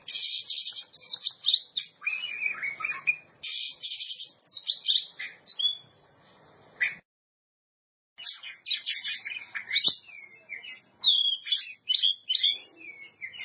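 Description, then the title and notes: Oriental magpie-robin pouring out loud chattering and whistled phrases, breaking off for a brief silence, then resuming with twittering notes and slurred whistles. Champion singing bird. "Kicau Burung Kacer Juara. Suara Kicauan Burung Kacer Juara"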